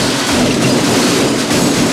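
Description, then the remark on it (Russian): A toolbox tumbles down stairs in a loud, continuous rattling rumble, a dense clatter that barely lets up for two seconds, with no voices. “Это был шум ящика с инструментами”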